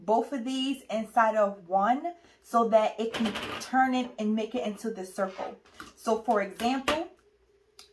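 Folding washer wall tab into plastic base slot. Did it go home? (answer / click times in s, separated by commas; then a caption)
yes / 7.8 s. A plastic wall tab of a folding portable washing machine is pushed down into its slot in the plastic base until it clicks into place. Someone talks for most of the clip, then after a brief quiet a sharp click sounds at 7.8 seconds as the wall section seats.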